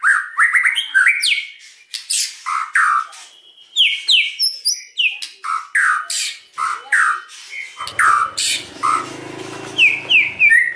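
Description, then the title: White-rumped shama song of quick, sharply sweeping notes, almost continuous and somewhat squeaky, with a faint low hum appearing near the end. Lure song used to provoke a response from other shamas; the bird is described as singing persistently and energetically (gacor). "PANCINGAN MEWAH MURAI BATU GACOR"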